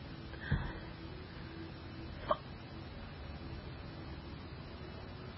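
About five or six abrupt, sharp gulping hiccup sounds from an adult over eight seconds, against quiet room noise.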